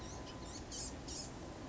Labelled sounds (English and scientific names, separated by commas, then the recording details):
Blue-gray Gnatcatcher (Polioptila caerulea)
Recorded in Sonoma County, California